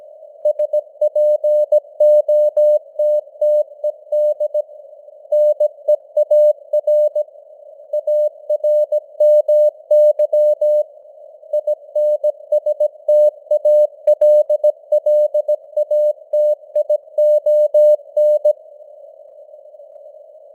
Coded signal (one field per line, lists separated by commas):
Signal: Morse code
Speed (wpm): 17 wpm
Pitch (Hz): 600 Hz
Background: none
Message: SPOTTED NEAR ARMY INSTALLATION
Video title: Morse Code News | 2025-11-03 | 17wpm